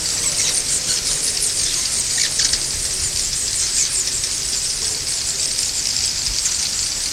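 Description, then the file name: Giant swiftlet calls: high twitters massed into a dense, steady chorus, slightly louder just past two seconds. "aerodramus maximus"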